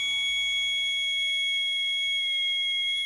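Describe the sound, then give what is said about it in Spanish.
High-pitched whistle tones, one or two whistles used in systematic acoustic tests, sound together as a steady, piercing layer of pure pitches that holds without a break for about three seconds. No voices are present. “Silbatos uno o dos intermitentes.”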